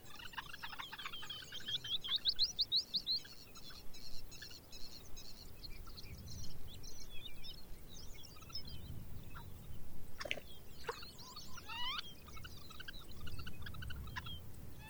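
Arctic birds including ptarmigan, longspurs and a bluethroat call over a low, rumbling wind. Quick chirps and twittering trills fill the first few seconds, then thin out into scattered sharp calls and short whistles, with a few sudden clicks near the ten-second mark.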